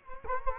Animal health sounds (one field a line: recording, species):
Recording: mosquito wingbeat signal from an infrared sensor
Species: Culex quinquefasciatus